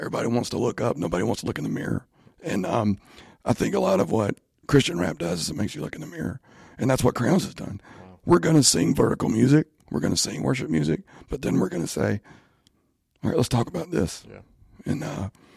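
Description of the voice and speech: Low-pitched adult male speech with strained, creaky, breaking voicing and glottal catches, typical of spasmodic dysphonia. The speaker is undergoing speech therapy.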